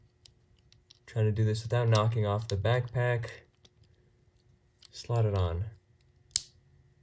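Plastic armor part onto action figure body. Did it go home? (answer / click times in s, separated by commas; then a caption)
yes / 6.4 s. A plastic armor piece is slotted onto the body of a Robot Spirits PF-78-1 Perfect Gundam (Ver. A.N.I.M.E) action figure, with care taken not to knock off its backpack. Someone talks while small taps and handling sounds are heard, then a sharp click at 6.4 s marks the armor piece seating on the figure.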